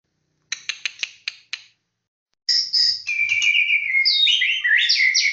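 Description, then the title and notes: Songbird song opening with six sharp clicks in a row, then after a pause a dense, continuous run of varied whistles and trills. Competition-winning songbird. "kicau burung jawara"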